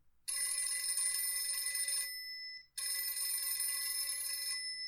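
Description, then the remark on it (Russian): A telephone rings in a room in two long, loud bursts with a brief gap between them, a bright metallic jangle with a steady trill and no voices. “Звонок раздался в комнате. Это был звонок телефона.”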